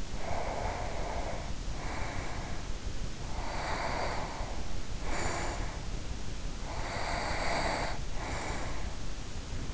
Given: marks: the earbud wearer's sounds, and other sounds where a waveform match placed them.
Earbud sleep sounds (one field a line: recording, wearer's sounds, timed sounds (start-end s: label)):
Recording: sounds in sleep by an in-ear microphone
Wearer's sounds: breath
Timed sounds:
0.00-2.69 s: breath
3.21-5.90 s: breath
6.55-9.19 s: breath